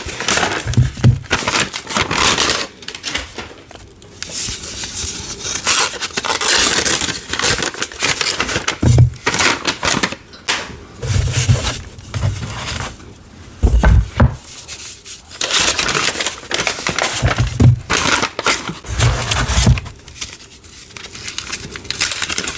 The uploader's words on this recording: Unwrapping Gym Chalk ASMR Sounds. Loud ASMR sounds of unwrapping gym chalk blocks, paper unwrapping, and crushing sounds.